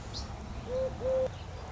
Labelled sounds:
Song Sparrow (Melospiza melodia)
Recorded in Sonoma County, California

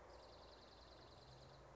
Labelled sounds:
Dark-eyed Junco (Junco hyemalis)
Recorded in Sonoma County, California

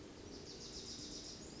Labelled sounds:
Wilson's Warbler (Cardellina pusilla)
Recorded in Sonoma County, California

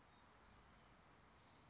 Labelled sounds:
California Towhee (Melozone crissalis)
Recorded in Sonoma County, California

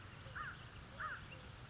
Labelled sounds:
American Crow (Corvus brachyrhynchos)
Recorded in Sonoma County, California

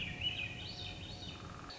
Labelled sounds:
Swainson's Thrush (Catharus ustulatus)
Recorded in Sonoma County, California

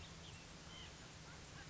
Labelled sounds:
White-breasted Nuthatch (Sitta carolinensis)
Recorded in Sonoma County, California

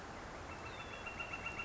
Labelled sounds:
Northern Flicker (Colaptes auratus)
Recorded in Sonoma County, California

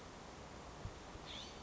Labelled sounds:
California Scrub-Jay (Aphelocoma californica)
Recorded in Sonoma County, California

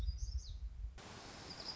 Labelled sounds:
Black-throated Gray Warbler (Setophaga nigrescens)
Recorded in Sonoma County, California

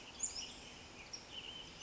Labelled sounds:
Western Tanager (Piranga ludoviciana)
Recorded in Sonoma County, California

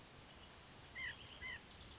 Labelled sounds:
White-breasted Nuthatch (Sitta carolinensis)
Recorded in Sonoma County, California

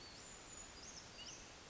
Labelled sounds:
Brown Creeper (Certhia americana)
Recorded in Sonoma County, California

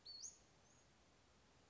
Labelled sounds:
Western Flycatcher (Empidonax difficilis)
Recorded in Sonoma County, California

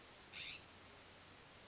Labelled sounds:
California Scrub-Jay (Aphelocoma californica)
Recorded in Sonoma County, California

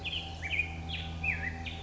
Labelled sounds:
Black-headed Grosbeak (Pheucticus melanocephalus)
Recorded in Sonoma County, California

